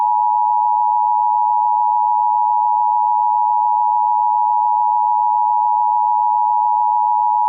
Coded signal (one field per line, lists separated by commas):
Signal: Emergency Alert System (SAME) tones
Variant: 853 and 960 Hz attention tone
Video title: EAS Scenario 10: Alternates